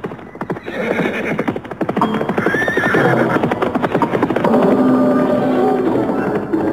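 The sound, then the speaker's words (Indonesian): A boy's horse whinnies over a steady, rapid drumming of galloping hooves as it runs very fast, continuing loudly throughout, with a rising neigh standing out above the rhythmic clatter. “Kecepatan lari kuda bocah tadi, sungguh luar biasa.”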